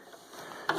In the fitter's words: can have it on the other side of this and if you just pull the belt will snap right in to the pulley so